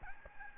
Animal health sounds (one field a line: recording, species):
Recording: mosquito wingbeat signal from an infrared sensor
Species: Aedes albopictus